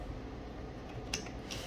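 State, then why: Seated. A White River FC 3.5 Pro fixed-blade knife with a CPM 3V blade is pushed back into its sheath over a steady low background hiss. A sharp click at 1.1 s marks the retention engaging and the knife seating, followed by a softer, longer tap at about 1.5 s.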